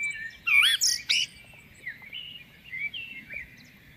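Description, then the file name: Common blackbird phrase with a loud squeaky high flourish at the start, then softer warbled notes trailing off over faint background noise. "Turdus merula"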